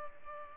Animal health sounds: mosquito wingbeat signal from an infrared sensor; Culex pipiens

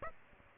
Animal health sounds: mosquito wingbeat signal from an infrared sensor; Aedes aegypti

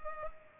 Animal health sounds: mosquito wingbeat signal from an infrared sensor; Culex pipiens

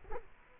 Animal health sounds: mosquito wingbeat signal from an infrared sensor; Culex quinquefasciatus

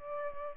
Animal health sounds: mosquito wingbeat signal from an infrared sensor; Aedes aegypti

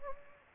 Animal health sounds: mosquito wingbeat signal from an infrared sensor; Anopheles gambiae

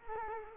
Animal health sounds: mosquito wingbeat signal from an infrared sensor; Culex quinquefasciatus

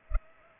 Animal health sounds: mosquito wingbeat signal from an infrared sensor; Culex pipiens

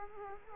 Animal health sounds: mosquito wingbeat signal from an infrared sensor; Culex quinquefasciatus

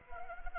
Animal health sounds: mosquito wingbeat signal from an infrared sensor; Anopheles arabiensis

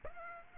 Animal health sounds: mosquito wingbeat signal from an infrared sensor; Aedes aegypti

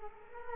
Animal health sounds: mosquito wingbeat signal from an infrared sensor; Culex quinquefasciatus

